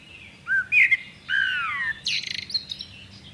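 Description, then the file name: Common blackbird phrase: a few soft whistles, a drawn-out wavering note, then a rapid series of high, scratchy chips. "Turdus merula"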